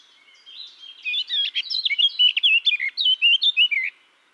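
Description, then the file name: Eurasian blackcap song: one phrase, a soft twitter leading into about three seconds of loud, clear whistled notes. "Sylvia atricapilla"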